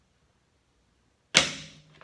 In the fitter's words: you heard that click. That just disengaged it.